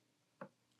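A metal wood screw is turned in the existing threaded screw hole in the wooden body of a Fender Custom Shop 1960 slab-board Telecaster, so it drops into the existing thread instead of cutting a new one and won't cross-thread or strip. One short, sharp tick is heard at about 0.4 s against a quiet background. The screw is only being handled and nothing has seated yet.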